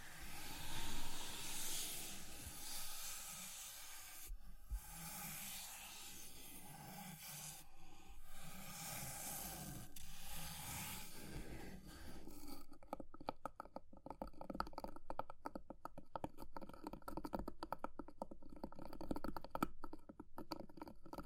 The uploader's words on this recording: ASMR for PURE Relaxation and Sleep Fire Crackling, Tapping, Scratching(No Talking).